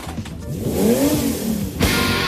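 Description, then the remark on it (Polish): A powerful 710-horsepower V8 engine of over 6 litres in an SUV revs hard, its deep tone climbing and falling in pitch before a sudden louder roar of throttle near the end, with no voices. “No nic dziwnego, pod maską ma silnik V8 o mocy 710 koni mechanicznych o pojemności ponad 6 litrów.”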